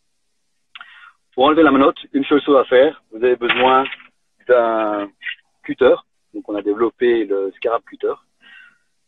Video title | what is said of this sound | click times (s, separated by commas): LIVE : ON PARLE BÂTONS, LAMPES ET FORMATION AVEC ASP ! | vous appuyez, vous entendez deux clics. | 0.8 s